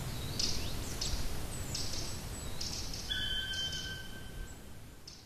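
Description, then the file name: Black woodpecker giving one long, clear, level call amid busy high chirping and twittering from other small birds. "patrick franke-schwarzspecht-black woodpecker-dryocopus martius"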